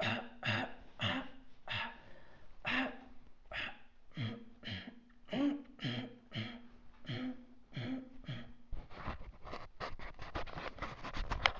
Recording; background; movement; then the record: throat clearing; quiet; sitting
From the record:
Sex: female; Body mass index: 21.8 kg/m2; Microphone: on the chest, facing outward